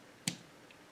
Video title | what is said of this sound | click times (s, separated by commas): F150 Transmission Cooler Lines leaking oil How to replace Trans Lines, Fluid, Trans flush, 6r80 Ford | you hear a snap so it removes an internal clamp that's in there and then you can | 0.3 s